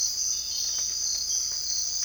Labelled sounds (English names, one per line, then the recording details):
none
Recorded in dense forest near Puerto Asís, Putumayo, Colombia, on 20 December 2024 at 05:30
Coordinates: 0.485, -76.318
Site GP03